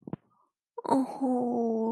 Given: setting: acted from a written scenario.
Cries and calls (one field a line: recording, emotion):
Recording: vocal sound without words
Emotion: adoration